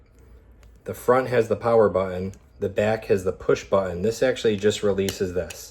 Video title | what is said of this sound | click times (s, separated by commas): Frida Baby Nebulizer - How To Use & Clean | And this slides right on like this till you hear a click. | 0.6 s